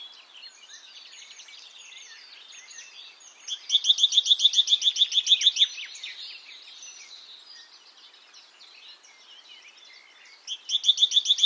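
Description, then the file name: Great tit calls: a fast burst of about fifteen sharp, even notes lasting two seconds, another burst starting at the end, over soft continuous twittering. "Parus major"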